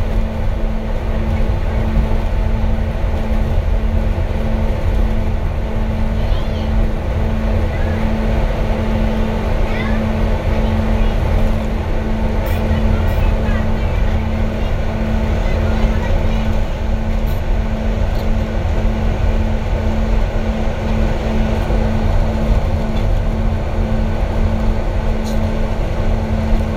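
Inside a loud bus, a steady, heavy engine rumble and a strong humming drone fill every moment without letting up. Faint voices and small clicks and rattles surface now and then over the constant low roar.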